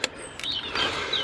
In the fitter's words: it on till it clicks there we go right